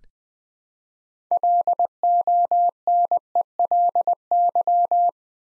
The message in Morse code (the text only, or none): LONELY